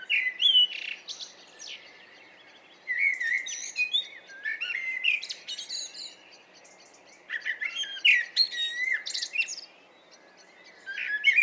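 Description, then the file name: Common blackbird singing three phrases separated by short pauses, with a fourth starting at the end. Mellow warbled notes run into high scratchy twittering flourishes. "Turdus merula"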